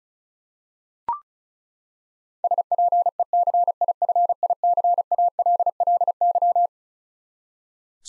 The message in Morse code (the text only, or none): SPECIFICALLY